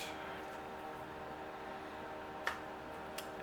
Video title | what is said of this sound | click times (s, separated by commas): The 2013 5.7L HEMI Engine Build part ( 19 ) / i can't Believe This Happened | It pops right in, nice and easy. | 2.5 s